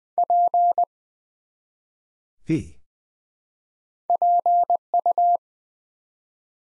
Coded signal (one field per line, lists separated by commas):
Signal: Morse code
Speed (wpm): 20 wpm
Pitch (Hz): 700 Hz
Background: none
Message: P PU